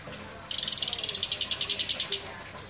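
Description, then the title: Orange-headed thrush giving one sustained buzzy rattle of rapid, evenly pulsed notes lasting almost two seconds. Described as gacor, meaning singing actively. "Anis Kembang Gacor"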